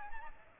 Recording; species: mosquito wingbeat signal from an infrared sensor; Aedes albopictus